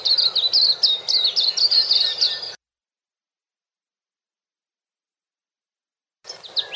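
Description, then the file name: White-eye song: fast, high chattering notes in a dense run, a pause, then the twittering resumes briefly, with background hiss. "suara kicauan burung kacamata perak. omkicau"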